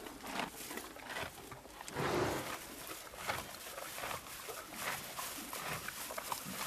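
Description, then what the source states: Horse grazing, with irregular crunching bites and tearing of grass, steady rustling in between and a louder burst near two seconds. Horse eating grass.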